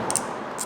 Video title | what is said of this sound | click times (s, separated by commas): How To Replace Rear Brakes And Rotors On A 2010 Infiniti EX35 | and the snaps right in where it's supposed to be | 0.2 s